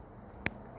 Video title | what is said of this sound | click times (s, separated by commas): 2021 can am xmr half windshield installation | give it a snap i had to use two hands to get it probably | 0.5 s